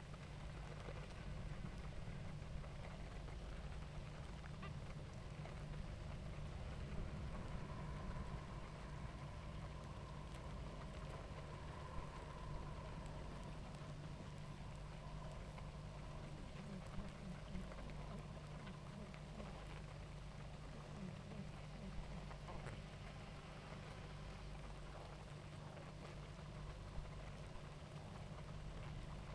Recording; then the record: honeybee colony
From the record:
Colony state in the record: active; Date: 28 July 2017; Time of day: 19:00